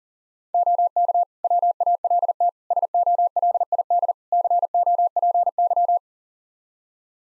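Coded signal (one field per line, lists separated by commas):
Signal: Morse code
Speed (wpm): 40 wpm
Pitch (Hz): 700 Hz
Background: none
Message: OK WALT SOLID COPY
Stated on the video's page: Morse code practice QSO at 40 wpm, "More Information" segment (ham fer, age, occupation), each segment sent, spoken, then sent again.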